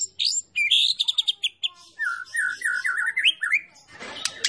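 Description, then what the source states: White-rumped shama song: varied phrases, sharp high chips and short trills, then a lower run of clear looping whistles, ending in a brief burst of noise. Champion bird on a masteran training recording for songbirds.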